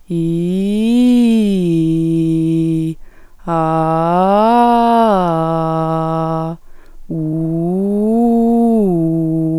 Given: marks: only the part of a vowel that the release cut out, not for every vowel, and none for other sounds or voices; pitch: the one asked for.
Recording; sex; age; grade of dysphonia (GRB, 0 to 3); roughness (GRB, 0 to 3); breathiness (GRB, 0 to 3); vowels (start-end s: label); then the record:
sustained vowels; female; 20 to 29 years; 1; 0; 0
0.30-2.71 s: vowel /i/, low-high-low pitch
3.71-5.91 s: vowel /a/, low-high-low pitch
7.38-9.22 s: vowel /u/, low-high-low pitch
From the record:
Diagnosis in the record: healthy voice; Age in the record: 23 years